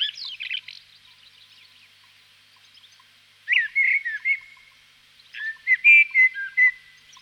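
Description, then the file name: Common blackbird delivering flute-like whistled phrases, three phrases separated by short silences. "chernyy drozd"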